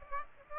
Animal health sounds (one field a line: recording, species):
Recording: mosquito wingbeat signal from an infrared sensor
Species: Aedes aegypti